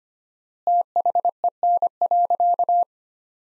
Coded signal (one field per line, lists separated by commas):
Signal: Morse code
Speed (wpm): 25 wpm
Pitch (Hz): 700 Hz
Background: none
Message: THEN.